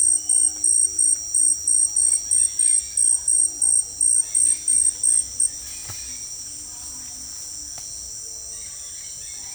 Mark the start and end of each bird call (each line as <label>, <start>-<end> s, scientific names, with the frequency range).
Aratinga weddellii (1.0-5.1 kHz), 1.92-9.54 s